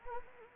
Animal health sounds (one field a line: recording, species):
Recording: mosquito wingbeat signal from an infrared sensor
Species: Anopheles arabiensis